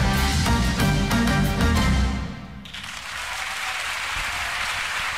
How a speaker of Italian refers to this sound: Applausi, applausi, applausi, ma certo, applausi, applausi a questo splendido pezzo.